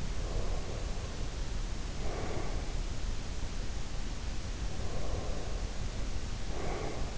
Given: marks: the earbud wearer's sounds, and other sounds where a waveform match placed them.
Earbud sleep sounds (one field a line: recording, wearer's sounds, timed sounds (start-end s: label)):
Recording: sounds in sleep by an in-ear microphone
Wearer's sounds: breath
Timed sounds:
0.00-2.72 s: breath
4.53-7.18 s: breath